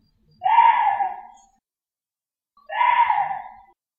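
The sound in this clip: Korean deer uttering two long, hoarse wailing calls that trail off, separated by over a second of silence.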